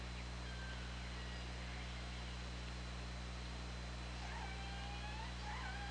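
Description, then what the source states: Killer whale calls: soft, slightly rising squeals late, with fainter tones earlier, under a steady hum and hiss. OrcaLab hydrophone, 24 August 2017.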